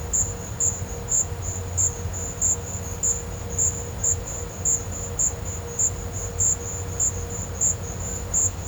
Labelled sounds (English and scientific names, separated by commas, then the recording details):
none
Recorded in pastures near Puerto Asís, Putumayo, Colombia, on 20 December 2024 at 13:30
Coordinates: 0.502, -76.324
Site G077